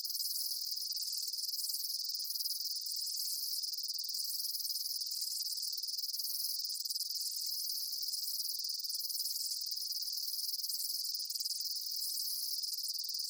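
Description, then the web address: Insects chirping in a dense, continuous high-pitched chorus, a steady shrill wash with faint rhythmic pulses dipping lower about every two seconds. Daytime insect ambience, chirping bugs. "Blast Wave Amb Day Insects. animal ambience insects chirps day bugs"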